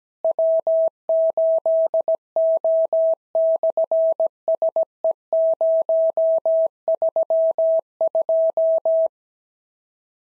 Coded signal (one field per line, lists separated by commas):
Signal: Morse code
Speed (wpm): 17 wpm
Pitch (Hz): 650 Hz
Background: none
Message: W8O/SE032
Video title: SOTA QSO Practice 17wpm